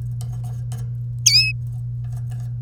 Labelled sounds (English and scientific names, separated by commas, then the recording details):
Domestic Canary (Serinus canaria) song
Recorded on 3 May 2018 at 05:37
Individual llb3